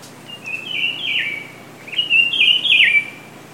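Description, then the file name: Rufous-browed peppershrike song: two rich, warbled phrases of sliding whistles, each rising then dropping sharply at the end, about 1.5 seconds apart over steady background hiss. Recorded on Ilha de Comandatuba, Bahia, Brazil, at a golf course, dated 31 January 2013. "Cyclarhis-gujanensis 3-golfe-IComandatuba BA-BR-31-1-13-ASilveira"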